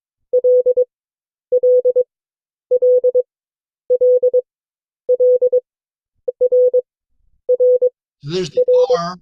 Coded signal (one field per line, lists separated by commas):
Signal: Morse code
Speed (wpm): 22 wpm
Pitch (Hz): 500 Hz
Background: speech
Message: L L L L L R R R